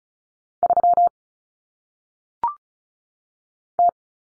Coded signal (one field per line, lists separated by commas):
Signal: Morse code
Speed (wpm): 36 wpm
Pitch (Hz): 700 Hz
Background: none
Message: 3 T